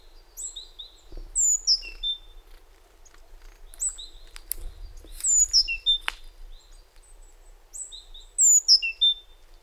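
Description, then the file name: Great tit calls: high, thin downslurred notes in small clusters with pauses between, with a few clicks and soft background noise. "Parus major"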